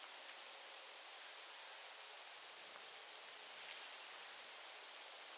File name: Spizella arborea - American Tree Sparrow